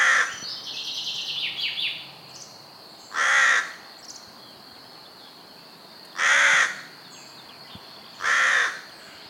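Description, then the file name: Carrion crow cawing three times, harsh calls about two to three seconds apart, after a cut-off caw and a softer series of scratchy notes at the start. "Corvus corone"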